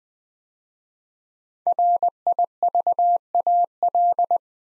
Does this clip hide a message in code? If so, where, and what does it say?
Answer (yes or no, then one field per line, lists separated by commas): yes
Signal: Morse code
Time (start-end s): 1.7-4.4 s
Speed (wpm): 20 wpm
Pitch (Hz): 700 Hz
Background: none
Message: RIVAL